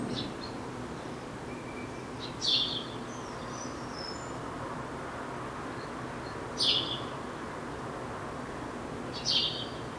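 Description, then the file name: House sparrow giving three isolated sharp chirps several seconds apart. "Passer domesticus"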